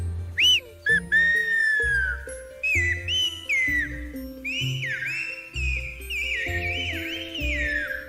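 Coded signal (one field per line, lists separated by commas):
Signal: whistled language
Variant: Silbo Gomero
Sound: sharp gliding whistles rising and falling in arcs, over background music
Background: background music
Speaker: Estamos hablando del silbo gomero. Se trata de una forma de comunicación que se realiza por medio de silbidos.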